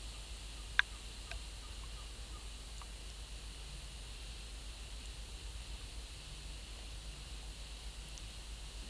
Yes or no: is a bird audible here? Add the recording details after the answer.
no. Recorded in pastures near Puerto Asís, Putumayo, Colombia, on 21 December 2024 at 13:30. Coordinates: 0.486, -76.323. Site GP01